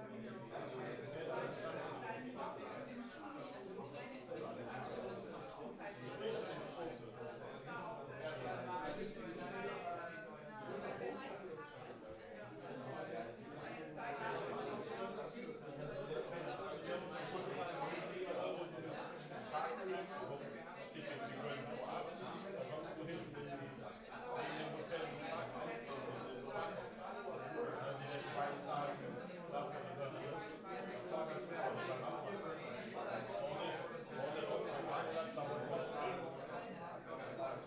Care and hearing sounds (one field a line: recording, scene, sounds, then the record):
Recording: everyday scene through a hearing-aid microphone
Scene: many people talking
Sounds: many voices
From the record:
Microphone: behind the ear, left, rear